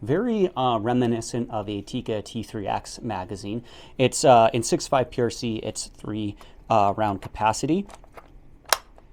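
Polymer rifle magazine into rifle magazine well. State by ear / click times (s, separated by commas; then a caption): seated / 8.7 s. A single-stack polymer three-round magazine for a Franchi Momentum Elite bolt-action rifle in 6.5 PRC is pushed into the rifle's magazine well while someone talks. It seats with a sharp click at 8.7 s, a positive click with little wiggle.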